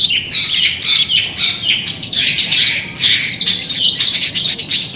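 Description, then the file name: Long-tailed shrike song, a dense run of buzzy, grating notes and brief whistles that pours on steadily for the whole stretch, with overlapping chirps in the background. Simulated songbird competition at a gathering. "simulasi-lomba-cendet-gathering 2-omkicau"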